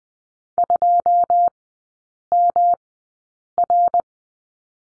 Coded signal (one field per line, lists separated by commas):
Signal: Morse code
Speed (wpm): 20 wpm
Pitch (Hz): 700 Hz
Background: none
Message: 2MR